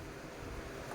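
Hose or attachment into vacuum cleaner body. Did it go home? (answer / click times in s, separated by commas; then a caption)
no / none. A hose or attachment is being fitted onto the body of a Powerhouse shop vacuum cleaner. Only a steady, broadband rushing noise is heard, with no distinct impacts. Nothing has seated or clicked yet; the part is not yet locked into place.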